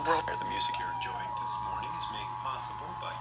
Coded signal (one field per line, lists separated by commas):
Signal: Emergency Alert System (SAME) tones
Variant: 853 and 960 Hz attention tone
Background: speech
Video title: DC Monthly May 2022, North Anna Q2 2022 RMT, and a perfectly timed hint of Sterling(EAS 2,619-2,659)